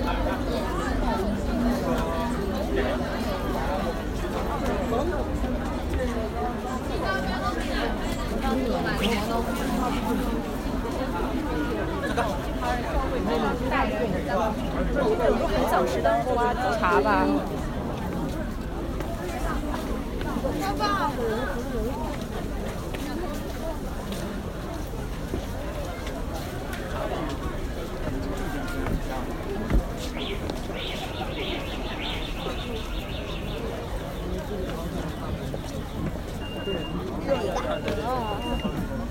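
Street sound from Nanluoguxiang: a steady, dense crowd murmur of many overlapping voices with a low rumble beneath, holding a fairly even level throughout. Around the thirty-second mark a sharp click is followed by a brief high-pitched tone.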